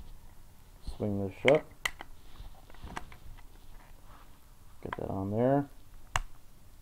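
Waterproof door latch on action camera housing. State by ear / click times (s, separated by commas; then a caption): seated / 6.2 s. Someone talks while swinging the waterproof door shut on the plastic housing of a GoPro Hero 2 action camera, with a few light clicks and taps around 1.9 to 3.1 seconds. At 6.2 seconds the door latch is pressed down with a single sharp snap, and the door is successfully seated.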